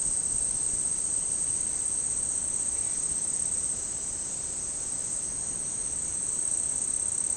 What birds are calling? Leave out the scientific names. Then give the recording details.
none. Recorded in dense forest near Puerto Asís, Putumayo, Colombia, on 19 February 2024 at 09:30. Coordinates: 0.486, -76.316. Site G6437